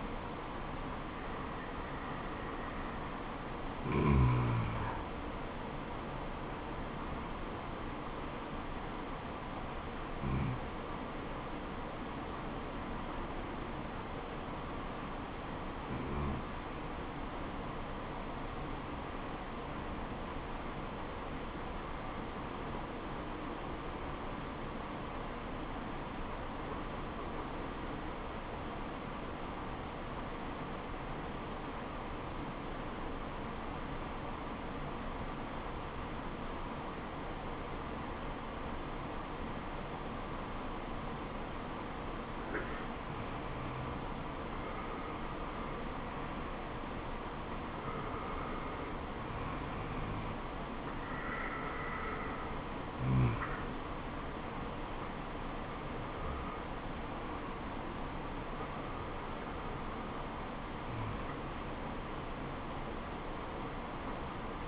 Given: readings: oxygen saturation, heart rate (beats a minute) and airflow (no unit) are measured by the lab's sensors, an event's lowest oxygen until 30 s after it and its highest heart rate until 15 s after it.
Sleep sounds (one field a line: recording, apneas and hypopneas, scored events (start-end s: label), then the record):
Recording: breathing in sleep by a voice recorder at the bedside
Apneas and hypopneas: 1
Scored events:
5.00-35.00 s: new sleep stage, N1 (lightest sleep)
10.00-44.30 s: hypopnea (N1, oxygen 96% highest, then 91% lowest, heart rate 72 at the start, 75 highest)
35.00-64.68 s: new sleep stage, N2 (light sleep)
From the record:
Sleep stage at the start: N2 (light sleep)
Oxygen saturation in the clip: 91 to 96%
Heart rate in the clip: 66 to 75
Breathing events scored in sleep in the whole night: 426 in 7.4 hours asleep